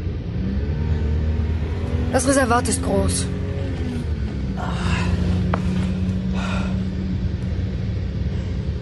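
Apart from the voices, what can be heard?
car engine rumbling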